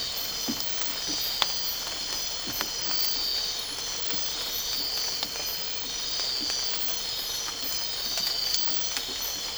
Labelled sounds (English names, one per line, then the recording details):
none
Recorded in dense forest near Puerto Asís, Putumayo, Colombia, on 8 March 2025 at 04:30
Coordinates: 0.467, -76.328
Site G041